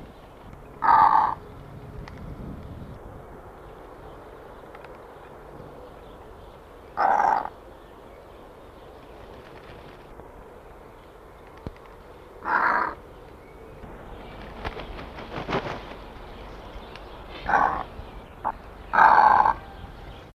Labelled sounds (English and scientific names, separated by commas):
Straw-necked Ibis (Threskiornis spinicollis) call